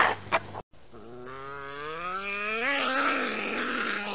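Badger call: a low moaning note that slowly rises in pitch, then breaks into a harsh, noisy yelp.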